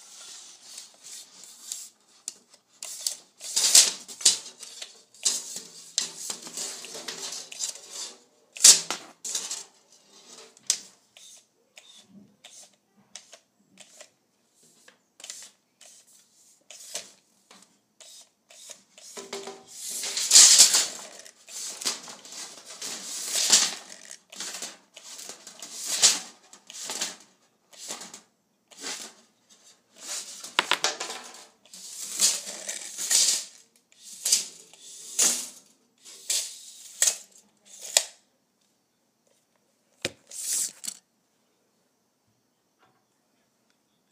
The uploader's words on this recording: ASMR Pulling my Tape Measure.